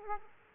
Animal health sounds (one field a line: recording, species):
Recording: mosquito wingbeat signal from an infrared sensor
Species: Aedes aegypti